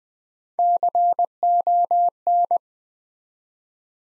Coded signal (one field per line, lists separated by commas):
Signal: Morse code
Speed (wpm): 20 wpm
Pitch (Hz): 700 Hz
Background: none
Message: CON